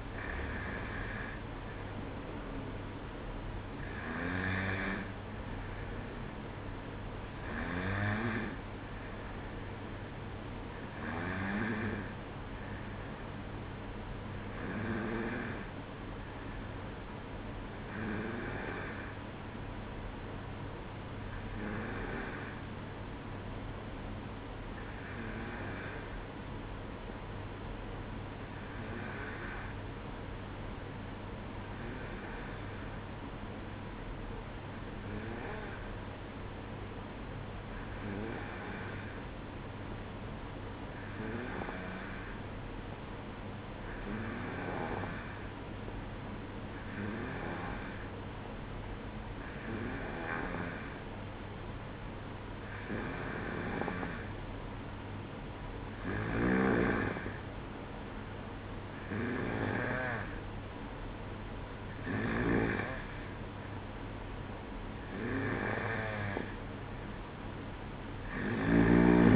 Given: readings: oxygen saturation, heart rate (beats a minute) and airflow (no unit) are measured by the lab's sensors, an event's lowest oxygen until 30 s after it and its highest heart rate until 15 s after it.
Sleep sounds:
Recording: breathing in sleep by a voice recorder at the bedside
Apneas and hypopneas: 1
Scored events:
18.00-54.00 s: hypopnea (N2, oxygen 95% highest, then 92% lowest, heart rate 61 at the start, 64 highest)
From the record:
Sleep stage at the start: N2 (light sleep)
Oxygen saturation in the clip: 92 to 95%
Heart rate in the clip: 60 to 65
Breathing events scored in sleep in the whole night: 305 in 9.6 hours asleep

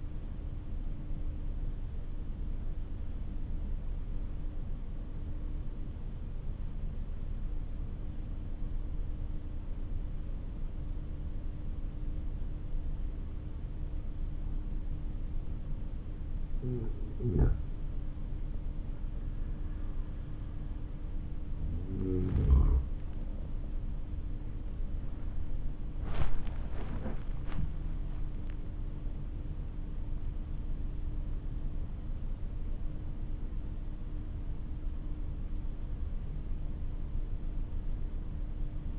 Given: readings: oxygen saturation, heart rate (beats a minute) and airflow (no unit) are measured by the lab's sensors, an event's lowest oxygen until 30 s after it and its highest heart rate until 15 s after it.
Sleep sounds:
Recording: breathing in sleep by a smartphone at the bedside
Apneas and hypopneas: 1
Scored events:
4.00-17.30 s: obstructive apnea (N1, oxygen 97% highest, then 92% lowest, heart rate 52 at the start, 65 highest)
6.00-38.99 s: new sleep stage, N2 (light sleep)
From the record:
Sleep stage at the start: N1 (lightest sleep)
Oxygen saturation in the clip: 93 to 97%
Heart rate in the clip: 46 to 65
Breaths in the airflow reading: 5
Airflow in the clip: -7.0 to 10.3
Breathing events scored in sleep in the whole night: 304 in 5.6 hours asleep

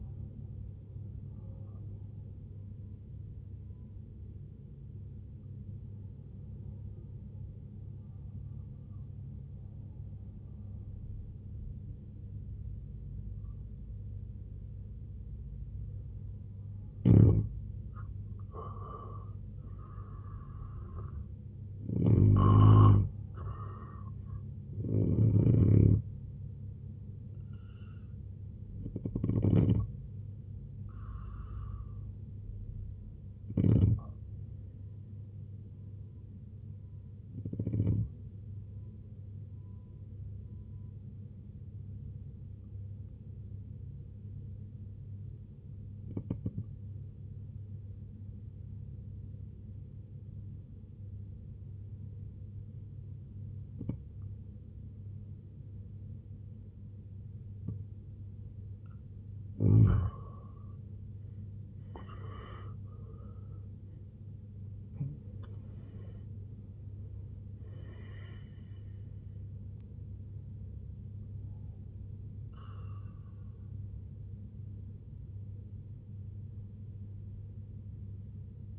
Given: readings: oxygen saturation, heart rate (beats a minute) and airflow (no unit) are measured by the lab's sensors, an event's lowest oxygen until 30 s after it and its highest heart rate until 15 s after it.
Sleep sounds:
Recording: breathing in sleep by a smartphone at the bedside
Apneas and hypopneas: 2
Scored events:
3.00-18.80 s: obstructive apnea (N2, oxygen 91% highest, then 88% lowest, heart rate 67 at the start, 84 highest)
44.00-59.60 s: obstructive apnea (N2, oxygen 94% highest, then 85% lowest, heart rate 70 at the start, 97 highest)
65.00-78.79 s: new sleep stage, N1 (lightest sleep)
From the record:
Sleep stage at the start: N2 (light sleep)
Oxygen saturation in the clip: 86 to 94%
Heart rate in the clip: 61 to 97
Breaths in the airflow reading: 10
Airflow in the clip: -12.3 to 11.8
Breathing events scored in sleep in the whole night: 258 in 7.4 hours asleep

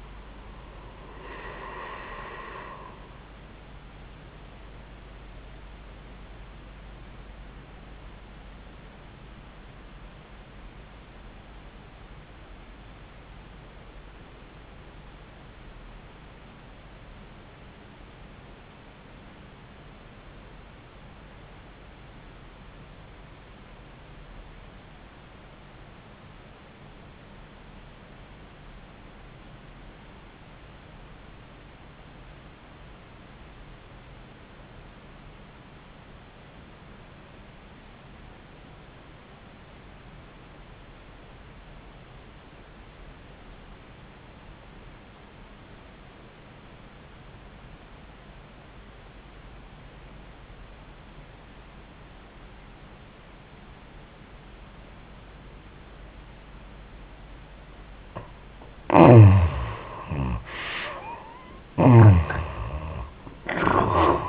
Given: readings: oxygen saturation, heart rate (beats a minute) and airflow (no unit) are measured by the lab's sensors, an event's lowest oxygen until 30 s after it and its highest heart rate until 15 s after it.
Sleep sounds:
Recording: breathing in sleep by a voice recorder at the bedside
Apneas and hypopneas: 1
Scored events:
8.00-58.40 s: obstructive apnea (REM, oxygen 87% highest, then 56% lowest, heart rate 82 at the start, 97 highest)
58.00-64.29 s: new sleep stage, N1 (lightest sleep)
From the record:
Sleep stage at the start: REM sleep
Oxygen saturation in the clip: 60 to 87%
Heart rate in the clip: 53 to 91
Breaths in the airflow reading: 2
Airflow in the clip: -20.3 to 17.3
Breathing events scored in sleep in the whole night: 400 in 8.7 hours asleep

